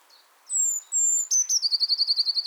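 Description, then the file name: Eurasian blue tit singing: two high, slightly falling whistles followed by a rapid, regular trill of buzzy repeated notes. "Cyanistes caeruleus"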